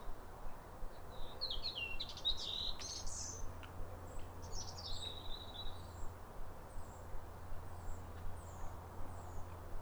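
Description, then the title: European robin delivering a tumbling high warble of liquid phrases, followed by faint thin notes repeated at intervals, with a low steady hum behind. Pair of robins in neighbouring gardens duetting with wistful phrases at a clear, calm, rosy New Year sunrise in winter, after weeks of rain. "Sound Escape 150: Be uplifted by a chorus of New Year's robins"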